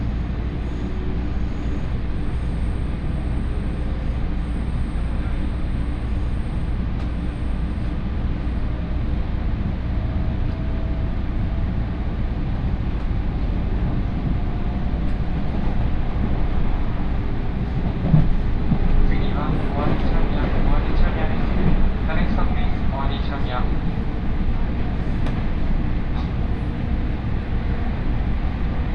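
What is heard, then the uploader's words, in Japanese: A Tokaido Line local train running from Gifu toward Nagoya gives a steady, heavy low rumble throughout. Faint rising and falling tones drift through early on, and from about 19 seconds a busier stretch of clattering and squeals joins the drone, slightly louder. 東海道本線各駅停車 岐阜→名古屋。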